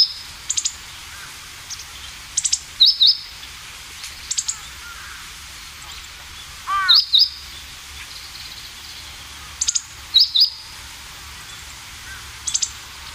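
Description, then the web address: Meadow bunting giving brisk, high double and triple calls at uneven intervals, with a lower sweeping note near the middle. Call note, given in Japanese as jinaki, the ordinary non-song call. "sikioto. houzirozinaki"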